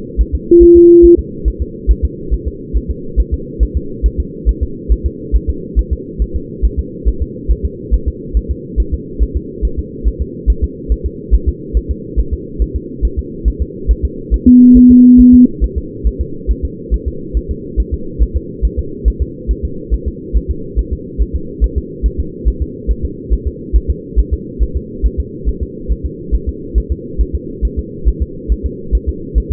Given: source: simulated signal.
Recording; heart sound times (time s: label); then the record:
fetal heart sounds
0.21 s: S1
0.35 s: S2
0.63 s: S1
0.77 s: S2
1.05 s: S1
1.19 s: S2
1.48 s: S1
1.62 s: S2
1.91 s: S1
2.05 s: S2
2.34 s: S1
2.48 s: S2
2.77 s: S1
2.91 s: S2
3.20 s: S1
3.34 s: S2
3.63 s: S1
3.77 s: S2
4.06 s: S1
4.20 s: S2
4.49 s: S1
4.63 s: S2
4.92 s: S1
5.06 s: S2
5.36 s: S1
5.50 s: S2
5.79 s: S1
5.93 s: S2
6.22 s: S1
6.36 s: S2
6.65 s: S1
6.79 s: S2
7.08 s: S1
7.22 s: S2
7.51 s: S1
7.65 s: S2
7.94 s: S1
8.08 s: S2
8.37 s: S1
8.51 s: S2
8.80 s: S1
8.94 s: S2
9.23 s: S1
9.37 s: S2
9.65 s: S1
9.79 s: S2
10.08 s: S1
10.22 s: S2
10.50 s: S1
10.64 s: S2
10.92 s: S1
11.06 s: S2
11.34 s: S1
11.49 s: S2
11.77 s: S1
11.91 s: S2
12.19 s: S1
12.34 s: S2
12.62 s: S1
12.76 s: S2
13.05 s: S1
13.19 s: S2
13.48 s: S1
13.62 s: S2
13.91 s: S1
14.05 s: S2
14.34 s: S1
14.48 s: S2
14.77 s: S1
14.91 s: S2
15.20 s: S1
15.34 s: S2
15.64 s: S1
15.78 s: S2
16.07 s: S1
16.21 s: S2
16.51 s: S1
16.65 s: S2
16.94 s: S1
17.08 s: S2
17.37 s: S1
17.51 s: S2
17.80 s: S1
17.94 s: S2
18.23 s: S1
18.37 s: S2
18.65 s: S1
18.79 s: S2
19.08 s: S1
19.22 s: S2
19.51 s: S1
19.65 s: S2
19.94 s: S1
20.08 s: S2
20.37 s: S1
20.51 s: S2
20.79 s: S1
20.93 s: S2
21.22 s: S1
21.36 s: S2
21.64 s: S1
21.78 s: S2
22.06 s: S1
22.20 s: S2
22.48 s: S1
22.62 s: S2
22.91 s: S1
23.05 s: S2
23.33 s: S1
23.47 s: S2
23.76 s: S1
23.90 s: S2
24.19 s: S1
24.33 s: S2
24.62 s: S1
24.77 s: S2
25.06 s: S1
25.20 s: S2
25.49 s: S1
25.63 s: S2
25.92 s: S1
26.06 s: S2
26.35 s: S1
26.49 s: S2
26.78 s: S1
26.92 s: S2
27.21 s: S1
27.35 s: S2
27.65 s: S1
27.79 s: S2
28.08 s: S1
28.22 s: S2
28.52 s: S1
28.66 s: S2
28.95 s: S1
29.09 s: S2
29.38 s: S1
29.52 s: S2
From the record:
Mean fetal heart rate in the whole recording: 140 bpm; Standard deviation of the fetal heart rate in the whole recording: 2 bpm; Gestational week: 34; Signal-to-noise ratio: -4.3 dB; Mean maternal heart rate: 72 bpm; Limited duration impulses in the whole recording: present